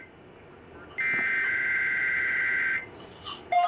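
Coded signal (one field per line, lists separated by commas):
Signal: Emergency Alert System (SAME) tones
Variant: header bursts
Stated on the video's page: NOAA Weather Radio Required Weekly Test received by a Sage EAS ENDEC, then manually relayed by it, with weather radio receivers sounding.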